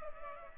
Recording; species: mosquito wingbeat signal from an infrared sensor; Culex pipiens